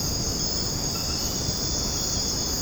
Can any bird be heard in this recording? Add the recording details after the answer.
no. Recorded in secondary vegetation near Puerto Asís, Putumayo, Colombia, on 9 March 2025 at 22:30. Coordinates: 0.481, -76.318. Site G097